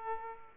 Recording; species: mosquito wingbeat signal from an infrared sensor; Aedes aegypti